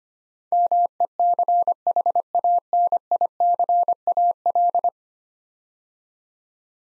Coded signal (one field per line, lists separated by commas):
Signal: Morse code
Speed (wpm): 25 wpm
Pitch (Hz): 700 Hz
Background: none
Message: MECHANICAL